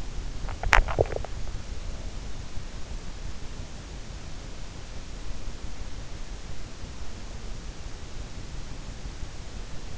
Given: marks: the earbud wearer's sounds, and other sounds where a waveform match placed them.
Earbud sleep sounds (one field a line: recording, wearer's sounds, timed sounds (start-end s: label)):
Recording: sounds in sleep by an in-ear microphone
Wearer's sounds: teeth grinding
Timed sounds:
0.00-1.91 s: teeth grinding